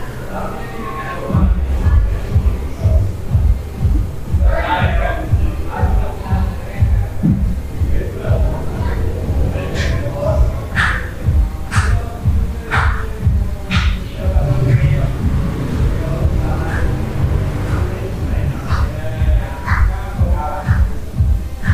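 Odd, adventurous noises in a hostel room in Central America: a dense, steady low throbbing and humming runs the whole time, with a regular pulsing beat. Short bright knocks and scrapes pop up every second or two, and faint voices murmur underneath.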